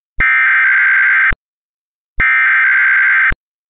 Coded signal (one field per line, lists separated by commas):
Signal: Emergency Alert System (SAME) tones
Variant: header bursts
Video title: EAS Reenactment Mock: Harvey wreaks havoc [v3] - 08/25/2017